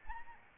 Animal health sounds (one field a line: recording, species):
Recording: mosquito wingbeat signal from an infrared sensor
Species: Aedes albopictus